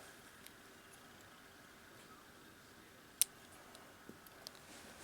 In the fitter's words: now it's locked into place you can't shake it apart now